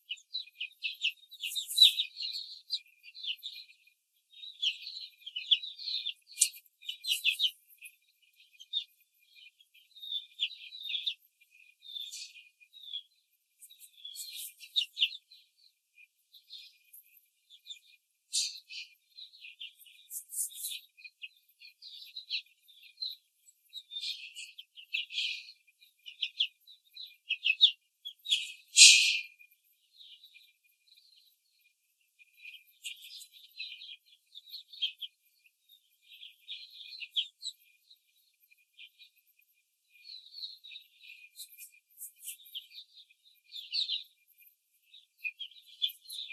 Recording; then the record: young laying hens in a cage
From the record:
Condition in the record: control cage, before the stress test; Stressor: none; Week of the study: 4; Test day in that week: 3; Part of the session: 1